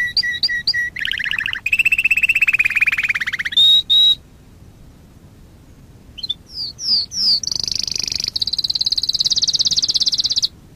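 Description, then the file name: Canary song: short whistled notes repeated quickly, then buzzy rolling trills, a pause of about two seconds, then short swooping notes leading into a long, rapid high trill. Long-duration song style (durasi panjang). "kenari durasi panjang"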